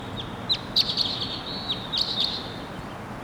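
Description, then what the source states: Crossbill calls: clipped, high kip notes, several in quick succession. Wild crossbill arriving at 7:03, perched on a snag; two birds, both males.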